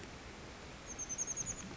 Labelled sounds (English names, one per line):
Oak Titmouse